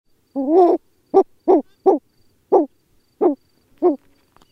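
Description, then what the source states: Bulwer's petrel calls: seven short, low, hoarse barking hoots, the first a little longer, given at uneven intervals. Seabird recorded with a mobile phone.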